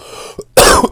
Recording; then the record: coughing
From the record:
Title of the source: Coughing 79